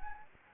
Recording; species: mosquito wingbeat signal from an infrared sensor; Anopheles gambiae